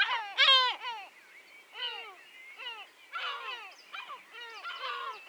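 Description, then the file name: Yellow-legged gull calls: harsh, descending laughing yelps from several gulls, overlapping in short bursts. Many yellow-legged gulls giving various calls. "Goéland leucophée (Larus michahellis) - Nombreux oiseaux divers cris"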